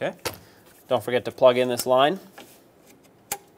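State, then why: Seated. During engine reassembly on a 2008-2010 Ford F-250 Super Duty 5.4L V8 oil pan replacement, a hose line's quick-connect fitting is pushed home onto its engine port while someone talks. A single sharp click sounds at 3.3 s as the connector seats and locks in tight.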